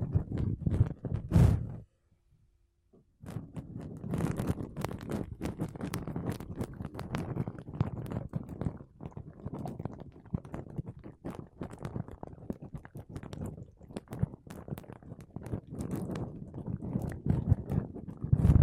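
Makeup brushes and a sponge rub and sweep across a microphone in dense, continuous scratchy strokes, heavy in the low end with crisp ticks above. A brief silence falls around two to three seconds, after which the steady brushing resumes, with occasional louder thumps and swells.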